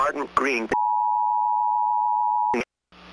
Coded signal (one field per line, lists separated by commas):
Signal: Emergency Alert System (SAME) tones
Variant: 853 and 960 Hz attention tone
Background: speech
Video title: EAS YTP - The Wrath of Martin Greene